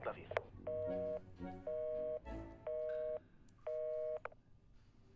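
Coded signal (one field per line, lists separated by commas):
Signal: telephone call progress tone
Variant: North America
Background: speech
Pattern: busy tone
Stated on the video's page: Telephone tone heard in a romantic drama film.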